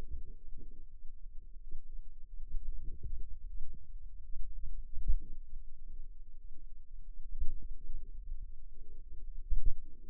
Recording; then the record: forearm muscle sounds (acoustic myography)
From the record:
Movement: finger pinch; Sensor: system 2, bracelet of six BSWA MPA416 microphones around the upper forearm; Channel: 5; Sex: female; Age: 22 years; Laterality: right